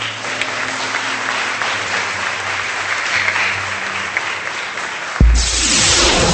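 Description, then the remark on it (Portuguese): A church audience applauds for Jesus at the end of a sermon, a dense, steady wash of clapping for about five seconds over a low sustained tone, then cuts abruptly to a louder burst of music. “Podemos aplaudir a Jesus?”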